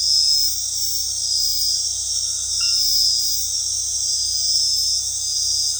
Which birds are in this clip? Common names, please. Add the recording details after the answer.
none. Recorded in dense forest near Puerto Asís, Putumayo, Colombia, on 20 February 2024 at 23:30. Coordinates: 0.485, -76.322. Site G6406